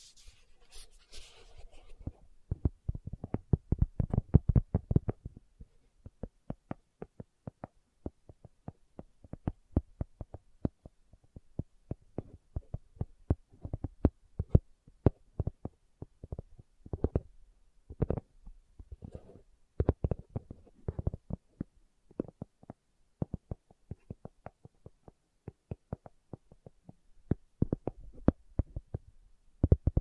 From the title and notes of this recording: ASMR Slow Tapping for Deep Sleep (No Talking).